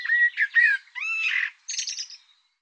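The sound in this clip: Bird singing a brief phrase: clear whistled notes, a richer slurred note, then a fast high buzzy flourish, all within about two seconds.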